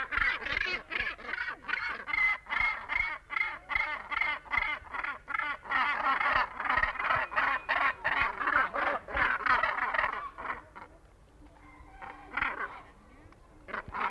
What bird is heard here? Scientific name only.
Morus bassanus